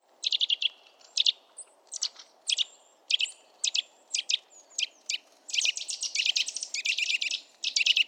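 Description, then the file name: Eurasian nuthatch calling with sharp, high clipped notes in short clusters, then merging into faster, denser runs toward the end. "Sitta europaea"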